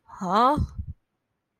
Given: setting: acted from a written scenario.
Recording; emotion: vocal sound without words; confusion